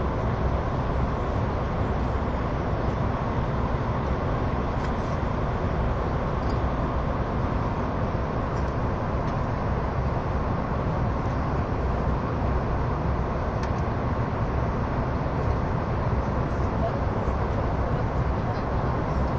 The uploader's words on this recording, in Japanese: SBB線 EC311レ02 Arth-Goldau～Bellinzona。スイスでは主力の車体傾斜車両であるETR610形EC、高速性能と曲線通過性能の両者の本領を発揮できるゴッタルドトベーシトンネルルートの列車を収録したものです。